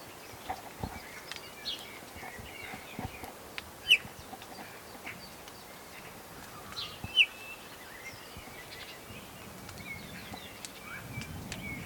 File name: Pyrrhula pyrrhula